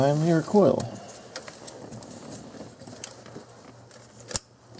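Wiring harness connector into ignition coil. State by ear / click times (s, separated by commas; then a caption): seated / 4.4 s. Someone talks briefly as a wiring harness connector is pushed onto the ignition coil for cylinder 6 of a 2001 Infiniti QX4 3.5L, with light handling taps and rustling along the way. A sharp click at 4.4 s marks the connector latching, fully seated on the coil.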